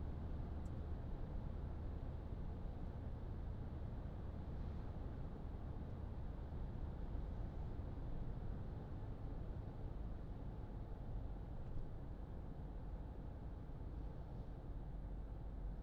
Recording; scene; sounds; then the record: everyday scene through a hearing-aid microphone; in a vehicle; engine, traffic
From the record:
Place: Berlingo II, diesel engine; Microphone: in the ear canal, left